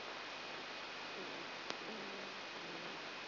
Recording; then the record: brain microelectrode recording played as sound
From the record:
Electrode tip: outside the subthalamic nucleus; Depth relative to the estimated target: -6 mm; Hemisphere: left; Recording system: AlphaMap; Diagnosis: Parkinson's disease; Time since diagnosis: 14 years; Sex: female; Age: 63 years